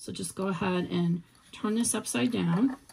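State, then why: Not seated. A small metal zipper end stop with an inner nib is handled and turned upside down, ready to press onto the end of the zipper tape of a fabric pouch. Someone talks throughout, and nothing has seated or clicked into place yet.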